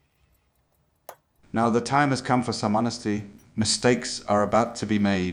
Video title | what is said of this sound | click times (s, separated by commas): Craftsmanship and Contraband: The Two Faces of Mudu Watches | setting lever Finds Its position with a satisfying click | 1.1 s